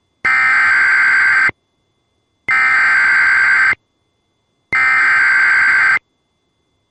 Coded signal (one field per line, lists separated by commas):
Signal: Emergency Alert System (SAME) tones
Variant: header bursts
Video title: EAS 1936: NWS Lubbock “Very Dangerous Storm” Severe Thunderstorm Warning